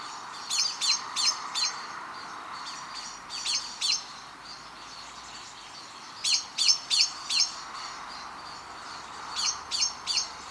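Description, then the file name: Common blackbird calls: sharp, high chinking notes in quick bursts of three to five, repeated every few seconds over a steady low hiss. "Turdus merula"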